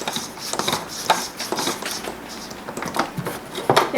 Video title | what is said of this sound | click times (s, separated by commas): BMW E36 Oil change | threads didn't even bite so i was doing that the whole time that's a good example of | none